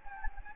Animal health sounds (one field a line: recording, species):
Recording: mosquito wingbeat signal from an infrared sensor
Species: Anopheles gambiae